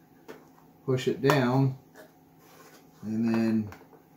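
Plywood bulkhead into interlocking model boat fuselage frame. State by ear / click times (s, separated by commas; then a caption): not seated / none. A laser-cut birch plywood bulkhead is being handled and pushed down into the interlocking fuselage frame of a model boat hull. Someone talks, with faint handling sounds and small taps in between. Nothing has seated or clicked into place yet.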